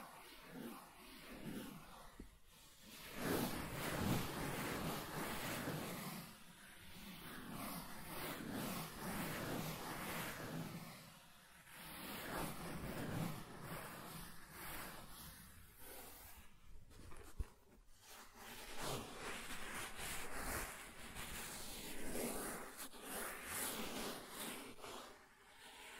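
Soft tracing over smooth and rough surfaces, a steady rubbing hiss that swells and fades in long strokes, with a few brief pauses and one sharp tap.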